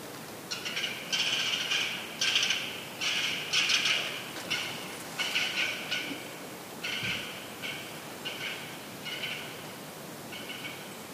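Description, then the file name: Eurasian sparrowhawk giving a run of repeated nasal, slightly harsh calls in loose bursts. The calls fade somewhat toward the end over constant background noise. "haitaka"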